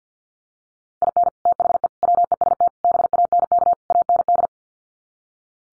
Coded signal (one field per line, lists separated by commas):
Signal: Morse code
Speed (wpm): 50 wpm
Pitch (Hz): 700 Hz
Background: none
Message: IN THE WEST BANK AND